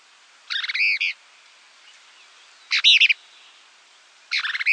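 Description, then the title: Plain-crested elaenia calling three times, each a brief rasping, chattering phrase of several quick notes, spaced roughly two seconds apart against quiet surroundings. Nominate subspecies Elaenia cristata cristata. "LuckyPassaro Completos2Sama. Plain-crested Elaenia (Elaenia cristata cristata)"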